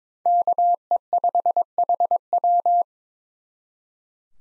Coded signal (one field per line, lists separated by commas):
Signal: Morse code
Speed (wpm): 26 wpm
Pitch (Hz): 700 Hz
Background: none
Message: KE5HW